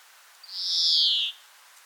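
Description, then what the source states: European greenfinch giving a single drawn-out, nasal, buzzy wheeze lasting under a second, held high and sliding slightly downward at the end, over quiet background hiss. Recorded 2 April 2009 at Dwingelderveld, Netherlands (Holland).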